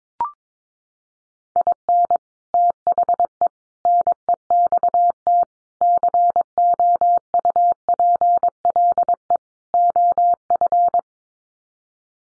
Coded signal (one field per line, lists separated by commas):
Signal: Morse code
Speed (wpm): 22 wpm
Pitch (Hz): 700 Hz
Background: none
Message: IN THE NEXT COUPLE OF